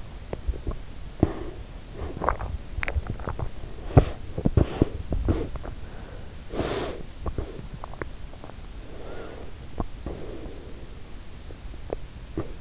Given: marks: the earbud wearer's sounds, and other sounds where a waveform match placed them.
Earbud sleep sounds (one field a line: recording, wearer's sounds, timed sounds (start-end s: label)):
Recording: sounds in sleep by an in-ear microphone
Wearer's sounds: teeth grinding, breath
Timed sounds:
0.00-12.61 s: teeth grinding
1.02-2.58 s: breath
3.88-5.62 s: breath
6.42-7.85 s: breath
8.65-11.33 s: breath